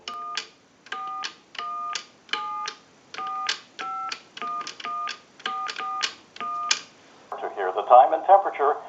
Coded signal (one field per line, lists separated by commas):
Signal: DTMF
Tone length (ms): 290 ms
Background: speech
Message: 14174511441